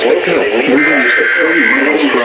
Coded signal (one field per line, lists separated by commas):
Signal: Emergency Alert System (SAME) tones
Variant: header bursts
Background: speech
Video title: From TORs to Random Alerts (EAS Alerts from 7/28/2026) (EAS #1190-1283)